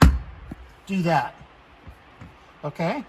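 A hinged lid in a 1964–66 Thunderbird is shut firmly and latches with a sharp snap at 0.0 s, since closing it slowly won't make it catch. Afterward someone talks briefly.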